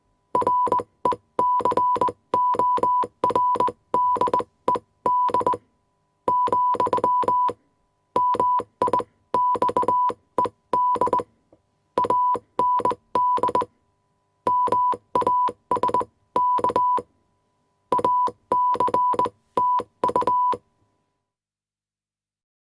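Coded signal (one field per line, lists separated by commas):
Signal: Morse code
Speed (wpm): 20 wpm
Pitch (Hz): 990 Hz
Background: none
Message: RECORDED , MIXED AND MASK ACTU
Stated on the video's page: Morse code sound effect: 1 kHz tone with key sounds, 80 letters.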